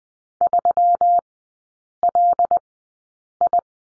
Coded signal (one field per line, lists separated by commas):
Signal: Morse code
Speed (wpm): 20 wpm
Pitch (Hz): 700 Hz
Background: none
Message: 3LI